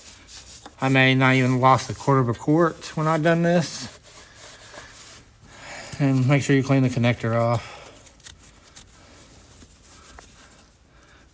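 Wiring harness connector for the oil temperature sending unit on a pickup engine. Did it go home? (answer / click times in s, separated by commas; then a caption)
no / none. The plastic wiring harness connector for the oil temperature sending unit on a 2006 Lincoln Mark LT pickup engine is wiped clean and handled before being plugged back in. Someone talks over soft rubbing, and a few small handling taps come near the end. Nothing has clicked or seated yet.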